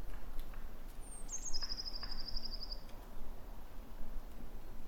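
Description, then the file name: Eurasian blue tit delivering a single high-pitched phrase, a thin descending whistle running into a fast, evenly spaced trill, with faint low hum and rumble behind. "Cyanistes caeruleus"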